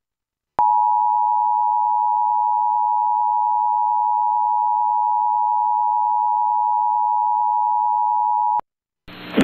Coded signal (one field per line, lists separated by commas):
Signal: Emergency Alert System (SAME) tones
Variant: 853 and 960 Hz attention tone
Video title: (Clear QAM 29.12) Comcast/Xfinity EAS Tornado Warning (October 9th 2024)